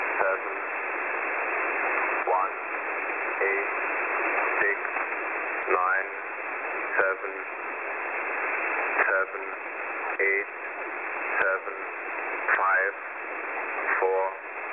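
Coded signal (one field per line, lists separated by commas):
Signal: numbers station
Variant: E06 English Man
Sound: faint male voice reading short, evenly spaced words buried under loud shortwave hiss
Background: radio static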